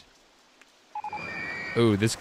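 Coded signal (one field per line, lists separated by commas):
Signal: none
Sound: game ride building beeps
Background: speech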